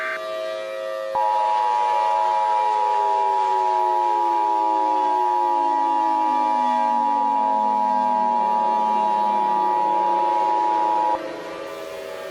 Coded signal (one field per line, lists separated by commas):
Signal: Emergency Alert System (SAME) tones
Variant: 853 and 960 Hz attention tone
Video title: #SharkWeek EAS Scenario: Deep Blue